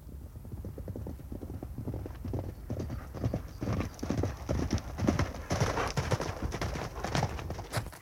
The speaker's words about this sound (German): Zunächst lief ich zu dem Gebüsch, wo die Pferde der Verbrecher noch standen, nahm eins davon und führte die beiden anderen am Zügel mit. Ich ritt zurück in unser Lager, um Hilfe zu holen.